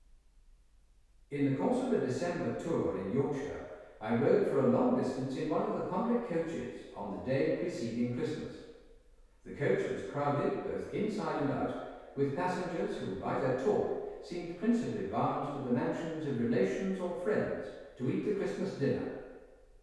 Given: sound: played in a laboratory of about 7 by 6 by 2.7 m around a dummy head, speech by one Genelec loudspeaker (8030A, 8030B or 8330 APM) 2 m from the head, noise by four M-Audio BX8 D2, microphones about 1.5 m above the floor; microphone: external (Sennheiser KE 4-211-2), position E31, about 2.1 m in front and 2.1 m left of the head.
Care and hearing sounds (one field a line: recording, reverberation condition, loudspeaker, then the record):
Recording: male speech in English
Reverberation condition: high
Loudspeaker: 60 degrees to the right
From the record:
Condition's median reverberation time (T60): about 1300 ms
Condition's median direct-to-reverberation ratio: about -4.0 dB